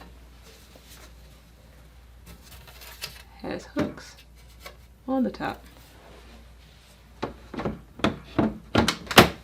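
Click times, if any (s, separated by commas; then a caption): 9.2 s. Someone talks while a filter cover with hooks on the top is hooked onto an air purifier housing and slid in, with soft handling thumps and a run of sharp clicks building near the end. The cover snaps back into place on the air purifier at 9.2 s, the loudest and final click.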